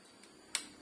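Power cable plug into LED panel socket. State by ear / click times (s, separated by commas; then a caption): seated / 0.6 s. Another plastic power cable plug is pressed into its socket on an LED panel. After a faint tick at 0.2 s, a sharp snap at 0.6 s shows the second power connector clicking into place, and the plug is seated.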